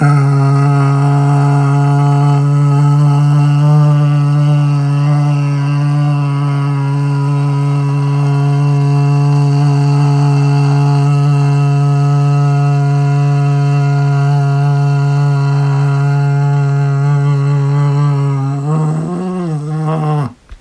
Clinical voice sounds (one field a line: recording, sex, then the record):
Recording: sustained vowel /a/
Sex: male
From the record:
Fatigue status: no fatigue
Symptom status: symptomatic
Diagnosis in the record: COVID-19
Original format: m4a